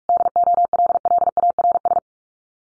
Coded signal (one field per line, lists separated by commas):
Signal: Morse code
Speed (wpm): 44 wpm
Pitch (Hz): 700 Hz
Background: none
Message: DOLLARS